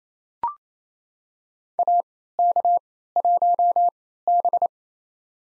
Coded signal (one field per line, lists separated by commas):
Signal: Morse code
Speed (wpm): 28 wpm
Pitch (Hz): 700 Hz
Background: none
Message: AK1B